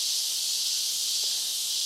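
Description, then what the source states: Cicadas droning in a steady, dense, high-pitched hiss that holds without break throughout. Cicadas starting to call in the Central American jungle as evening falls.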